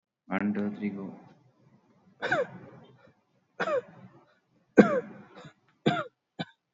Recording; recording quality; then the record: shallow voluntary cough; excellent, no background noise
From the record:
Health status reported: recovered from COVID-19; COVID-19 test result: negative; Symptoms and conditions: cough, fever, hypertension, diabetes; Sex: male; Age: 65 years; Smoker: not ticked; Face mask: not worn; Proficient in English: yes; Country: India